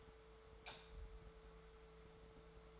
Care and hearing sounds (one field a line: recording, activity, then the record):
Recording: daily activity, microphone in the room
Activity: light off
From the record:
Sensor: 3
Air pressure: 1014.7 hPa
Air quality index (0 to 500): 193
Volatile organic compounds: 24 ppm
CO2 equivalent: 2813 ppm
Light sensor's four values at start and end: 40/103/44/46 and 40/99/42/45